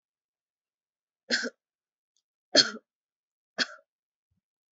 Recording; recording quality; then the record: shallow voluntary cough; excellent, no background noise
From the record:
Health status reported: healthy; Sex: female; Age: 32 years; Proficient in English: yes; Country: India